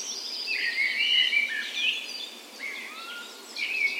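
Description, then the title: Birds in a dawn chorus, several overlapping whistled and trilled songs, with one clear rising whistle near the end and a steady background hiss. Dawn chorus in a park west in Bergen, Norway, morning of 17 May, Norway's National Day, full spring; recorded with Sony PCM A10 and LOM Micro Usi microphones used as tree ears. "17th Of May Dawn Chorus"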